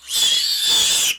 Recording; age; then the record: pig call; piglet (1 to 25 days)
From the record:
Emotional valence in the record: negative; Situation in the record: restrain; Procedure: sham castration, cut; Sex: male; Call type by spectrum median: high-frequency call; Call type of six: high-frequency modulated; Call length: 1.19 s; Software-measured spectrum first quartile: 3467 Hz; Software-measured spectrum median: 4624 Hz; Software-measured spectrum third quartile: 7210 Hz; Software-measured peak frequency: 3427 Hz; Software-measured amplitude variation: 95 dB a second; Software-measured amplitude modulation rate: 20.6 a second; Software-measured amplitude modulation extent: 4.6 dB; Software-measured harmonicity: 3.3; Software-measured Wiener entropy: -2.14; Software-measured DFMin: 991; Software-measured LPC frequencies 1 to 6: 1058, 1862, 2916, 3432, 4604, 6018 Hz